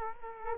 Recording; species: mosquito wingbeat signal from an infrared sensor; Culex quinquefasciatus